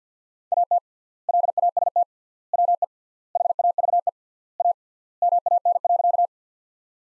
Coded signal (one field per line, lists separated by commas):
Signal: Morse code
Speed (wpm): 50 wpm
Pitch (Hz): 700 Hz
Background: none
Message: AT LAST WE HAVE A MAN.